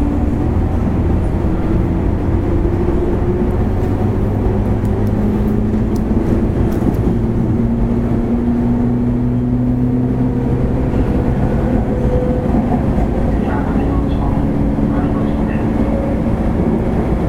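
A JR West 103 series local train runs on the Hanwa Line with a steady, dense low rumble throughout. Motor whine tones slowly glide up and down in pitch, and faint clicks and brief rattles appear around the middle seconds.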